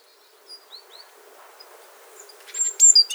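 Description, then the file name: Great tit calls: faint thin notes at first, then a quick burst of loud, sharp, high downslurred notes near the end. "Parus major"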